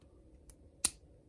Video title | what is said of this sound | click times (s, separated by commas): Review: AC10 Kamen Rider Gaim Jinba Lemon Arms (Kamen Rider Gaim) | Okay, I just snapped into place. | 0.8 s